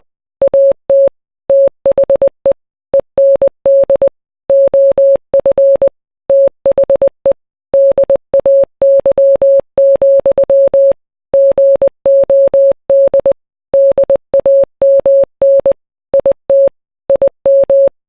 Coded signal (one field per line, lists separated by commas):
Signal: Morse code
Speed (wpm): 20 wpm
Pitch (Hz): 550 Hz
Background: none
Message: AT THE END OF THE DAY, GOD DAMN IT IM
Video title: Kanye West - Power (MORSE CODE VERSION)